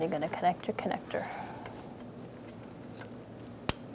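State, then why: Seated. A wiring harness electrical connector is pushed onto a new crankshaft position sensor on a 2010-2013 Kia Soul 2.0L L4. Someone talks at the start, then a sharp click at 3.7 seconds shows the connector is fully seated.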